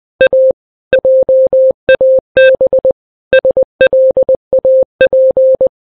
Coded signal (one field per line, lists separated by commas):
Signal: Morse code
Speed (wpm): 20 wpm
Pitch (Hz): 520 Hz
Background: none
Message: A JAB SLAP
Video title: Setheun Vlogs - Morse Code